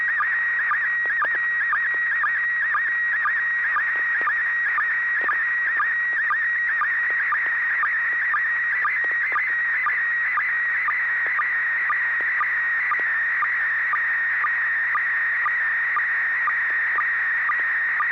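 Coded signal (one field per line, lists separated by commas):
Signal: SSTV (slow-scan television)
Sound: warbling tone near 1.9 kHz with regular low chirps about twice a second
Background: FM radio hiss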